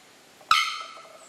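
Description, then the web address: Bearded bellbird: one abrupt, loud metallic clang that fades quickly, followed by faint soft ticking. "sound bearded-bellbird. صدای-پرنده-زنگمرغ-ریشدار"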